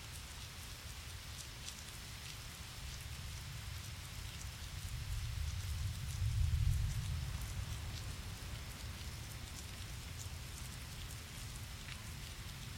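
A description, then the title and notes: Steady rain falls through a passing storm, a dense, even hiss with scattered bright drop ticks. Around six to eight seconds a low rumble swells and fades, likely thunder rolling beneath the constant patter. I recorded this storm passing through Indianapolis,. Mic: Shure SM7B.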